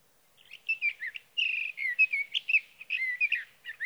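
Sage thrasher song: a long, hurried stream of sweet warbles, slurred whistles and buzzy notes, rising and falling in quick succession for nearly four seconds.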